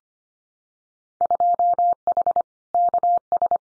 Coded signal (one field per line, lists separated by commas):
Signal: Morse code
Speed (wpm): 25 wpm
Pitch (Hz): 700 Hz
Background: none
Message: 2H KS